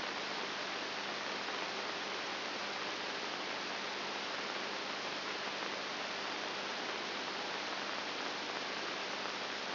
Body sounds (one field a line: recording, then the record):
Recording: brain microelectrode recording played as sound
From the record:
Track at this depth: inside the subthalamic nucleus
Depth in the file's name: 0.702 mm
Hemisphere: right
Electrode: 2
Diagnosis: Parkinson's disease